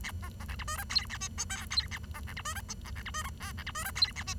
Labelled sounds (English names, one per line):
Bengalese Finch song